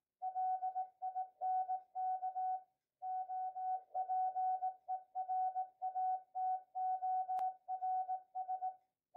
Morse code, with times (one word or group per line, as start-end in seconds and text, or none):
0.2-2.6 LINK
3.0-8.7 OPERATORS